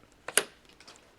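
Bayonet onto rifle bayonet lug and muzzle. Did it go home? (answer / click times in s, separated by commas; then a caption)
yes / 0.4 s. A steel bayonet is slid onto the muzzle and bayonet lug of a Lee Enfield No.1 Mk.III* (SMLE) rifle, its muzzle ring fitting over the end of the cylindrical piece. A brief metallic tick at 0.3 s is followed by a sharp, bright click at 0.4 s, then faint small rattles. The bayonet locks and seats firmly onto the rifle.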